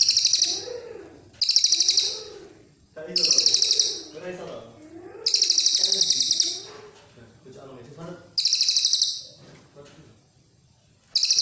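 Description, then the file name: Cililin coklat song: rapid high buzzy trills about a second long, repeated every few seconds, with lower warbling chatter between bursts. "suara cililin coklat"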